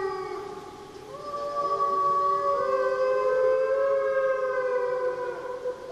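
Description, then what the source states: Gray wolf chorus, several long drawn howls at different pitches overlapping and sliding slowly, continuous throughout. Pack chorus howling in the wilderness; the pack's alpha male started, then each member joined with its own voice and pitch; began suddenly and faded to silence.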